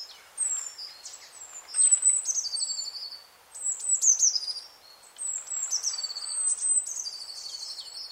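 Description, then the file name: Eurasian blue tit calls, high thin notes with short descending runs, given in several bursts. "Cyanistes caeruleus"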